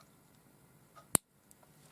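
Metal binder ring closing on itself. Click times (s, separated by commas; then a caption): 1.1 s. A metal hinged binder ring is snapped shut again on itself, giving one sharp, bright click at 1.2 s against quiet background hiss. A fainter tick follows at about 1.5 s. The ring closes and is judged to be of good quality.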